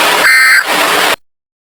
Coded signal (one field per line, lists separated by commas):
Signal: Emergency Alert System (SAME) tones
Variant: end-of-message bursts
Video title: Eas Scenario #3 Godzilla invades Washington